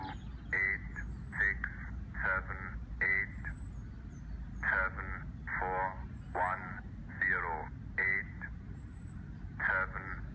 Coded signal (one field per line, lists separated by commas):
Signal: numbers station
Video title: Numbers station on 15615 kHz